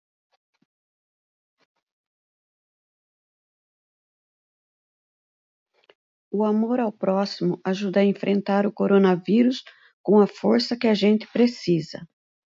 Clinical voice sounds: spoken sentence; Brazilian Portuguese; female; 50 to 59 years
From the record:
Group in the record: control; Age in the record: 55 years

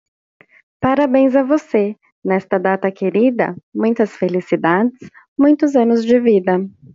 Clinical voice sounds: short text; Brazilian Portuguese; female; 30 to 39 years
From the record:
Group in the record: control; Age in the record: 32 years

